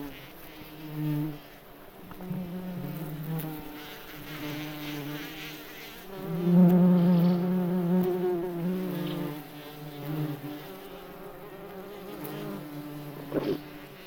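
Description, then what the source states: Bumblebee droning steadily, a low harmonic hum that grows louder in the middle and fades, with a brief sharp sound near the end. Wing buzzing, heard in nature.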